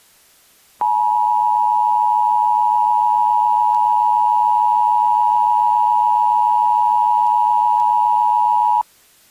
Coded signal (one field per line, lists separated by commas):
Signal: Emergency Alert System (SAME) tones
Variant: 853 and 960 Hz attention tone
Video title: EAS Scenario - Transportation System Attack